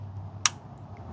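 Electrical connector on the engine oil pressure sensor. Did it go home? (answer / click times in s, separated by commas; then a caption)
released / 0.5 s. On an Audi A4 1.8T Quattro, the locking tab on the plastic electrical connector of the engine oil pressure sensor at the driver's side of the oil pan is gently pried up. A single sharp click sounds at 0.5 s over a low background hum as the latch releases. The connector is then free to be removed.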